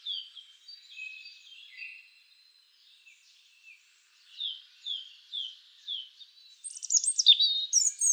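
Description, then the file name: European robin song: quiet high warbles, then a series of clear descending notes, ending in loud sharp high twittering. "Erithacus rubecula"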